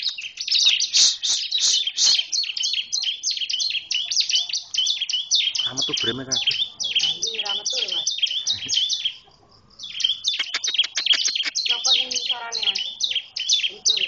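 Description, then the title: Bar-winged prinia song: fast, continuous streams of sharp high chips and down-slurred notes, broken by one short pause. "Suara Burung Ciblek"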